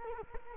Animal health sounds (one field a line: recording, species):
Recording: mosquito wingbeat signal from an infrared sensor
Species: Culex quinquefasciatus